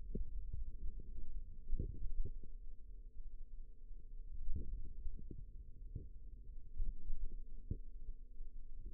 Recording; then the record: forearm muscle sounds (acoustic myography)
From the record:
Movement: hand opening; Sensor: system 2, bracelet of six BSWA MPA416 microphones around the upper forearm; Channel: 4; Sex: female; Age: 22 years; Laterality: right